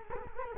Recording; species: mosquito wingbeat signal from an infrared sensor; Culex quinquefasciatus